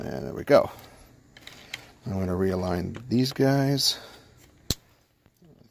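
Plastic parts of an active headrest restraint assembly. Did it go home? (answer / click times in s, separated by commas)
yes / 4.7 s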